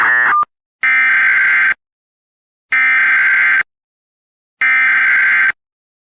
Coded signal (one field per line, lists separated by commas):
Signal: Emergency Alert System (SAME) tones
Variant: header bursts